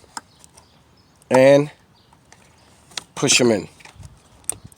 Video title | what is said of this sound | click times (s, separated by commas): 2016 Honda Fit Spark Plugs Replacement | make sure you hear that click | 4.5 s